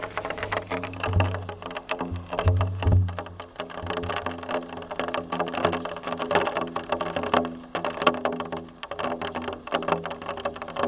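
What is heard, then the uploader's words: Rain patters on a metal drum, a dense, uneven ticking with low resonant booms from the drum near two and three seconds. Rain falling under a metal drum, recorded in Newcastle, England in 2015 by Tim Shaw. You can hear the rain hitting the metal surface fairly gently initially, before building in intensity as a rhythmic crescendo.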